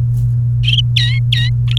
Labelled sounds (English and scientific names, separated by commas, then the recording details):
Domestic Canary (Serinus canaria) song
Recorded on 29 April 2018 at 11:53
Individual llb3